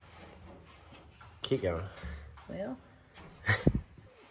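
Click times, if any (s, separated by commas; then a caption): 3.7 s. A fuel line quick-connect fitting is pushed onto its nipple on the fuel system while someone talks. A sharp click at 3.7 seconds marks the connector snapping on, and it is seated.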